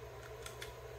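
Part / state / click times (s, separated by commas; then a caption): plastic push button into enclosure / not seated / none. A small plastic power button for a battery board is handled at its opening in the case, ready to be pressed in. Two faint, brief ticks at 0.5 and 0.6 s rise over a steady low hum. Nothing has seated or clicked yet.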